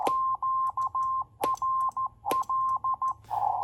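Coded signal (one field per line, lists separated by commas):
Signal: Morse code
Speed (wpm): 14 wpm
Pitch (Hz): 1050 Hz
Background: none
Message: QRL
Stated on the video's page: NC40A transceiver on the bench exhibiting odd blips and clicks.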